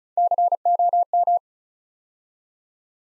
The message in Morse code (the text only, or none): COM